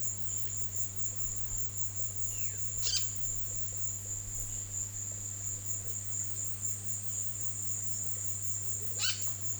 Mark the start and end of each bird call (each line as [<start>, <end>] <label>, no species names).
[2.30, 3.06] bird call
[8.93, 9.24] bird call